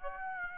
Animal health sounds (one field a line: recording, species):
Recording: mosquito wingbeat signal from an infrared sensor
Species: Aedes aegypti